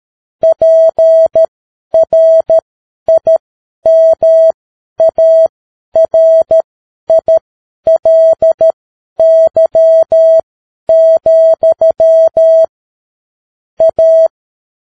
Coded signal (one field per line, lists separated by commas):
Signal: Morse code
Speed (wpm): 13 wpm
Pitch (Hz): 650 Hz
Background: none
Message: PRIMARILY, A